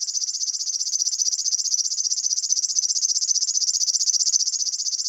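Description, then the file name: River warbler delivering a steady sewing-machine-like reel, rapid dry pulses repeated evenly at high pitch. "Flodsangare"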